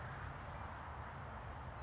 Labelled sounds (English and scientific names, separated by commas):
California Towhee (Melozone crissalis)